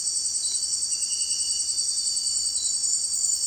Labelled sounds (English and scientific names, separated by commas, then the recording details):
none
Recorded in secondary vegetation near Puerto Asís, Putumayo, Colombia, on 29 June 2025 at 18:00
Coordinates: 0.499, -76.323
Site G077